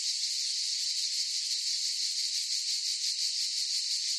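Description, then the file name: Cicadas in a steady chorus, loud high buzzing with a faint quick throb, uninterrupted. Forest chorus of cicadas. "gain walkers CICADAS Forest Chorus"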